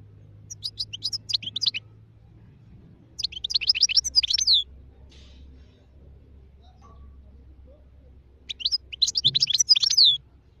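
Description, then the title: European goldfinch song in three separate bursts of rapid, high tinkling twitters, each lasting about a second and a half, with quiet pauses between them. Wild goldfinch; singing, described as the most beautiful song. "اجمل غناءالحسون الخلويchant chardonneret sauvage"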